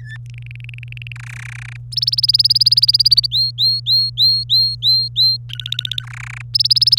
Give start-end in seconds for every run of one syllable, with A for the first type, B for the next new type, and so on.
0.00-0.17 A, 0.30-1.12 B, 1.16-1.77 C, 1.92-3.26 D, 3.31-5.37 E, 5.49-6.03 F, 6.03-6.42 C, 6.54-6.98 D